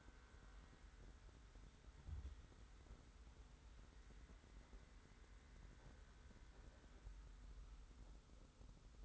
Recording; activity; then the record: daily activity, microphone in the room; wipe stove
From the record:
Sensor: 3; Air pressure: 991.4 hPa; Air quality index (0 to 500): 148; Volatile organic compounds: 466 ppm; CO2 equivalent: 4772 ppm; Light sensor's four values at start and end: 51/138/56/50 and 51/138/56/50